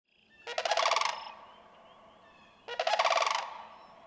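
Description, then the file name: Sandhill crane giving two loud, rolling, trumpeting rattles, each lasting well under a second and separated by a pause of about one and a half seconds. "Kroodsma-Sandhill Crane"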